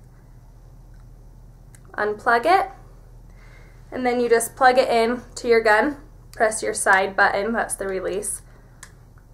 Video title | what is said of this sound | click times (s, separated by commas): Rebecca Minkoff SS14 Beauty Tutorial featuring TEMPTU | and it just snaps right in so it's really easy | 8.8 s